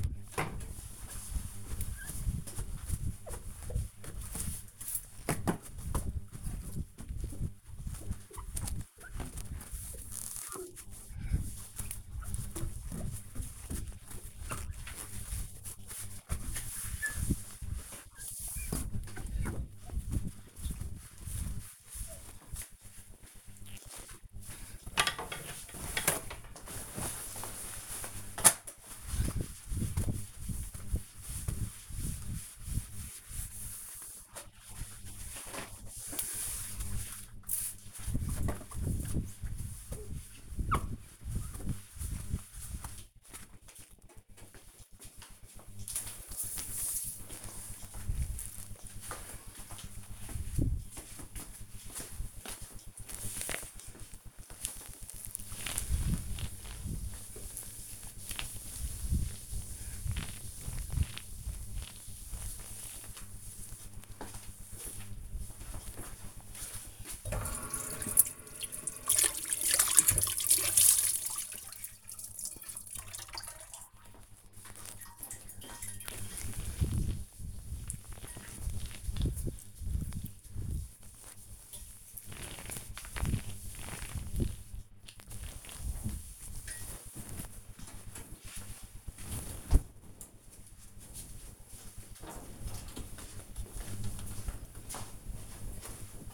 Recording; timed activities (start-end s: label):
household activities, microphone on the right wrist
0.00-42.92 s: window cleaning
54.00-88.33 s: cleaning table